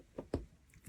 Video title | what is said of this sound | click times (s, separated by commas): How to Make Fabric Covered Buttons - Easy DIY Sewing Tutorial | Oops. And that's what happens when it doesn't get all the way in there. I heard one click, and I guess I needed a little bit more. | 0.3 s